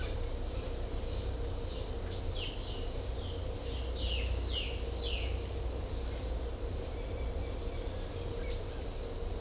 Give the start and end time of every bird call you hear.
[2.23, 2.81] bird call
[3.06, 5.35] bird call

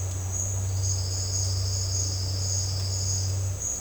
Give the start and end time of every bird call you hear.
[0.67, 3.39] bird call

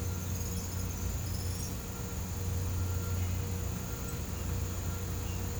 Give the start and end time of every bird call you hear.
[0.00, 1.71] bird call

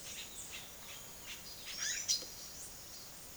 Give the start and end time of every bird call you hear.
[0.02, 3.36] bird call

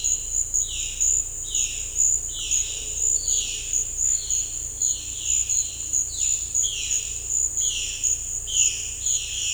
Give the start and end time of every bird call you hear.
[0.00, 9.53] bird call

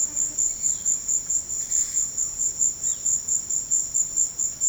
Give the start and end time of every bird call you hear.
[0.42, 0.99] bird call
[2.85, 3.09] bird call

